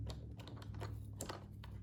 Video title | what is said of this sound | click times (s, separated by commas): Shark Ion R76 Robot Vacuum Unboxing & Honest Review | right, snaps into place there. | 1.2 s, 1.3 s